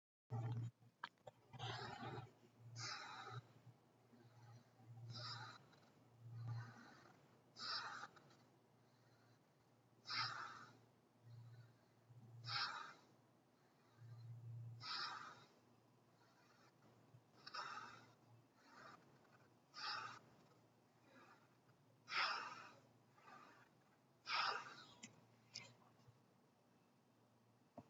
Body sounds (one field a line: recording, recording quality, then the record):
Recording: shallow breathing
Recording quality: excellent, no background noise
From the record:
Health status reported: healthy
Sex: male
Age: 53 years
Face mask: not worn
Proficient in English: yes